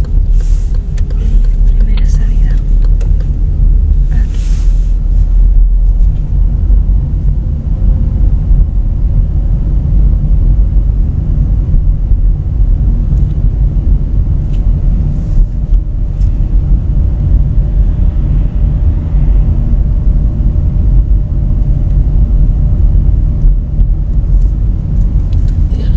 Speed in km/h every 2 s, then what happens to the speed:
20, 19, 22, 23, 25, 27, 27, 28, 27, 28, 27, 27, 25.
0-26 steady at about 27.